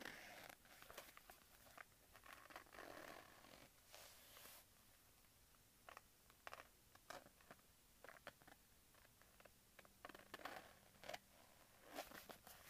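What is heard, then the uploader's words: A leather wallet being handled, with short bright scuffs, rubs and snaps scattered through the clip. The movements come in irregular bursts, busiest early on and again near the end, separated by quieter stretches with a faint low hum underneath. ASMR Leather Wallet Sounds.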